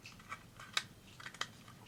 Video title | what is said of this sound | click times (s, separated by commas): Replace Dell Inspiron 5559 Hard Drive with a Samsung 860 EVO Solid State Drive | and snug snaps right in okay | 0.8 s, 1.4 s